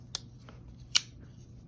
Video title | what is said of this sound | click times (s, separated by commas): How to spot a Clone/Fake Spyderco Paramilitary 3 / Para 3 - Full Comparison (G-10 & Lightweight) | nice sharp click | 1.0 s